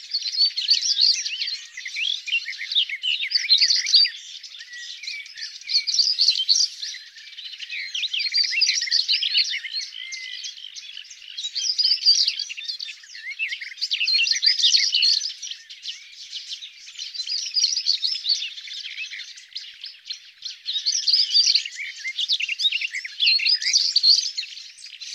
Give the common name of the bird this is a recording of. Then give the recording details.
European Stonechat. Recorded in the wild. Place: Wasenweiler am Kaiserstuhl, Baden-Württemberg, DE. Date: 1997-06-07. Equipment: Dat-Recorder Casio DA 7, Telinga DAT, Telinga-Parabolspiegel. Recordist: Schwarz, Dieter